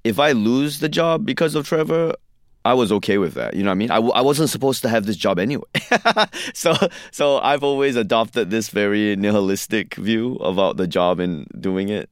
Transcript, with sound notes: If I lose the job because of Trevor, I was OK with that, you know what I mean? I wasn't supposed to have this job anyway (laughter), so I've always adopted this very nihilistic view of the job and doing it.